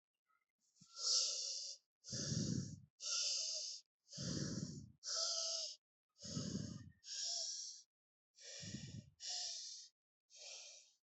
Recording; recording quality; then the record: deep breathing; excellent, no background noise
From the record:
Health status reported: healthy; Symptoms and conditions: none ticked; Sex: female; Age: 33 years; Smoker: not ticked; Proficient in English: yes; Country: India